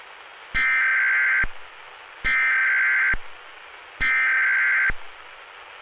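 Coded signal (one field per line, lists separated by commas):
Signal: Emergency Alert System (SAME) tones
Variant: header bursts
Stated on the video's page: Valid EAS SAME tones used in a fictional analog horror Emergency Alert System scenario.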